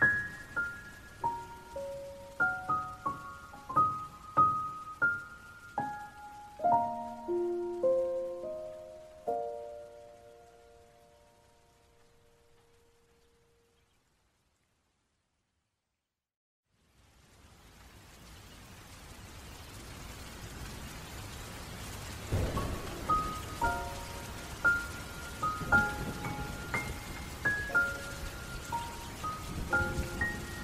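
Slow, sad piano notes ring out and fade during the first ten seconds, trailing into near silence around fourteen seconds. Soft rain then hisses in steadily from about seventeen seconds, and from twenty-two seconds gentle piano phrases return over the rain.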